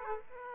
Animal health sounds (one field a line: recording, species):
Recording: mosquito wingbeat signal from an infrared sensor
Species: Aedes aegypti